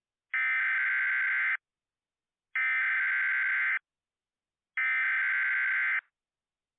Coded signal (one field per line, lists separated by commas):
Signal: Emergency Alert System (SAME) tones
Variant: header bursts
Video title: April 5th, 2023 PRP Tornado Video (with an EAS Alert)